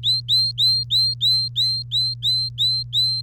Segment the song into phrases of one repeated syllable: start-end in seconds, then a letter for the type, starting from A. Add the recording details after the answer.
0.03-3.23 A. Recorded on 3 May 2018 at 06:58. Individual llb3